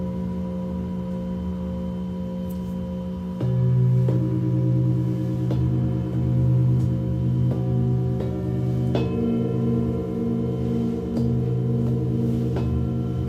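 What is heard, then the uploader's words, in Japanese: A singing bowl hums with a steady, low sustained tone that grows louder and fuller around 3.5 seconds and keeps ringing with a slow wobble. Light strikes land every second or two, adding bright ringing overtones above the deep drone. メキシコから シンギングボウルのサウンドヒーリング。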